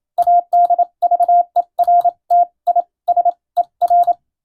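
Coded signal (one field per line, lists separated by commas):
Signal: Morse code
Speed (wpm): 27 wpm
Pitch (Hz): 700 Hz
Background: radio noise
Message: ADVERTISER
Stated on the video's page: Morse receiving practice of plain-language radiotelegrams following the radiotelegraph operator national exam format.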